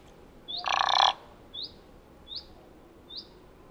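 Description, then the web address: Thick-billed raven giving a single coarse, rasping call, followed by three soft rising chirps from another bird spaced under a second apart. "Thick billed raven. دانلود-صدای-پرنده-غراب-نوک-کلفت"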